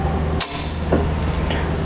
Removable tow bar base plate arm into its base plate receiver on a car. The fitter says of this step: and turn until it clicks into place